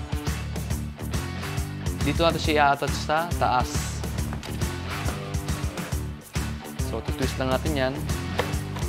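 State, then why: Not seated. A flexible hose is fitted to the top blower port of a vacuum and twisted while someone talks over background music, with a few brief handling knocks. Nothing has seated or clicked yet; the hose is not yet home.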